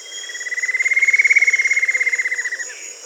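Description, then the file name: Bird trill: one sustained, evenly pulsed buzzy call that swells then fades over about two and a half seconds, with a steady high whine in the background. "SABIOD 50 bird 2015"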